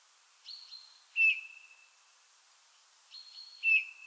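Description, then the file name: Eurasian bullfinch giving two soft piped whistles, each preceded by a flat, thin higher note. "Pyrrhula pyrrhula"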